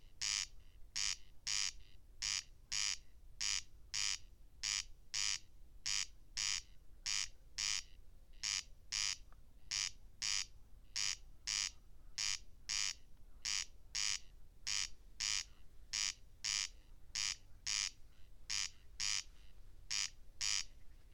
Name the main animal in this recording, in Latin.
Crex crex